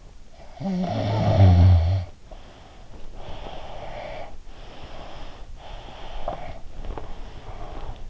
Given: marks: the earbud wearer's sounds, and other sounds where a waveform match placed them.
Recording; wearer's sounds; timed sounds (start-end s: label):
sounds in sleep by an in-ear microphone; snoring breath, breath
0.28-2.94 s: snoring breath
3.04-5.41 s: breath
5.57-8.10 s: breath